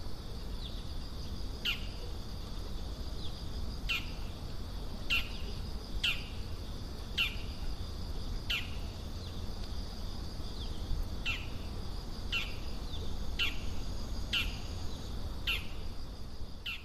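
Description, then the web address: Bull-headed shrike repeating sharp, piercing notes at irregular intervals, with a continuous high cricket drone throughout. Recorded 16 September 2020. "saezuri mozu 200916 kubo"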